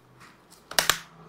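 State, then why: Seated. After a phone is placed inside a waterproof bike phone holder, its cover is folded over and the plastic snap locks are pressed shut on the sides and bottom. Sharp snaps ring out at 0.7 s, 0.8 s and 0.9 s, and the cover is locked in place.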